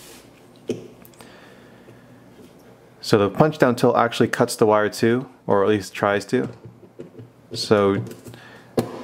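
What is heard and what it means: A punch-down tool is handled against a CAT6 copper wire at the slot of a network keystone wall jack while someone talks, with a few faint sharp ticks early on and near the end. Nothing has seated or clicked into place yet.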